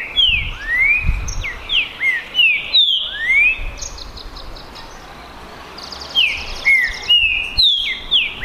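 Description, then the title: Green-winged saltator whistling falling and rising slurred notes in two bursts separated by a pause, with faint high chirps and quiet low noise. Green-winged saltator males in a 2022-season song contest between two birds, calling, singing and displaying male rivalry (macheando). "É UMA DISPUTA DE TRINCA FERRO PERFEITA!! NAVAL VS DEMOLIDOR 2022!"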